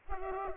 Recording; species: mosquito wingbeat signal from an infrared sensor; Culex pipiens